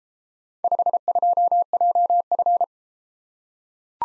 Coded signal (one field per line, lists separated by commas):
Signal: Morse code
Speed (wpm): 30 wpm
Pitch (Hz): 700 Hz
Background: none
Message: 52JF